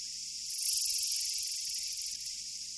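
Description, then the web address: Japanese katydid giving a quick pulsed trill for nearly two seconds, rapid ticking pulses fading slightly toward the end. "sikioto insect kirigirisu"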